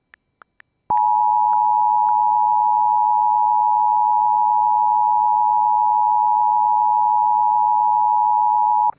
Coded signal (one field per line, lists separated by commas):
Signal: Emergency Alert System (SAME) tones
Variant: 853 and 960 Hz attention tone